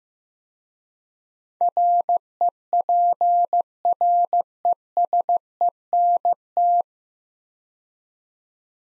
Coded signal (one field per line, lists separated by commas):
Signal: Morse code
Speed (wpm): 15 wpm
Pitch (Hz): 700 Hz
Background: none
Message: REPRESENT